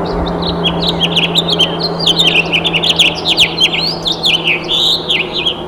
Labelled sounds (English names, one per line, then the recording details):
House Finch song
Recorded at Freeport on Long Island, New York, on 28 May 2013
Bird A